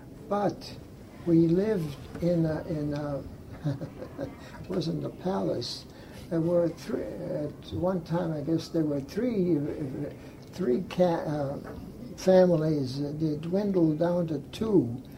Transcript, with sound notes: But we lived in ah in a -- (laughs) It wasn't the palace. There were thr -- at one time I guess there were three -- three ca --n families they dwindled down to two